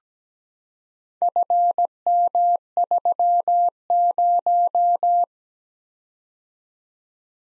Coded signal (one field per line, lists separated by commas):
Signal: Morse code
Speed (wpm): 17 wpm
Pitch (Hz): 700 Hz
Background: none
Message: FM30